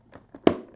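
Pushing the second side of an HJC V90 motorcycle helmet visor into its side pivot runner gives a few faint soft knocks, then one sharp click at 0.5 s with a short ringing tail. The visor has seated on this side.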